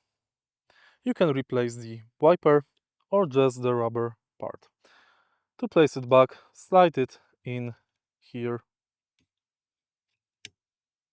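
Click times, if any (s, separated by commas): 10.5 s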